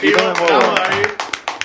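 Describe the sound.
A short burst of hand clapping in a radio station studio, sharp irregular claps over a voice that rises and falls, then the clapping thins to a few scattered claps as it fades.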